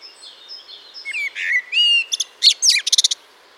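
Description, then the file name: Common blackbird song: a few smooth whistles leading into sharp, rasping notes and a quick, evenly spaced series of high chips. "Turdus merula"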